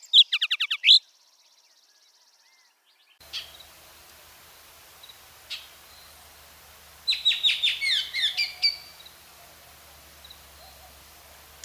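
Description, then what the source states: Bullock's Oriole song: a quick burst of sharp notes at the start, then after a pause a few scattered notes and a choppy, chattering series of whistled notes over steady background hiss. Both males and females sing; male song followed by female song for comparison; female song a hard, flat rattle; pairs frequently duet; song features rattles and gruff introductory notes.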